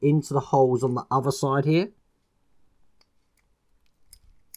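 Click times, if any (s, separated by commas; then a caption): none. Someone talks while a plastic lid is fitted onto the motor housing of the lifting device for a Mitsubishi A6M Zero Fighter scale model, with its shafts being lined up with the holes on the other side. After the talk comes quiet handling with a few faint ticks around 3.0, 3.4, 4.1 and 4.5 seconds. The lid has not clicked into place yet.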